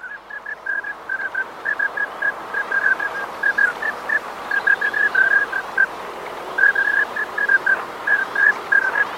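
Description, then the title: Yellow-billed pintail giving quick runs of brief, bright notes, repeated several per second with short pauses between bursts, against a constant hissing background. "Pato Jergon Grande"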